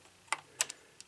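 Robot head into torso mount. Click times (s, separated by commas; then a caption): 0.6 s. During transformation of a ToyWorld TW-H04 Infinitor plastic toy robot, the head is pushed onto its mount in the chest and locked in place. Sharp plastic clicks sound at about 0.3, 0.6, 0.7 and 1.0 seconds, with the head locking in with the loudest click at 0.6 seconds.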